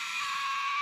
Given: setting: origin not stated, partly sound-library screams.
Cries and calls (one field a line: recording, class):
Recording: one-second piece from a danger detection set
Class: woman in danger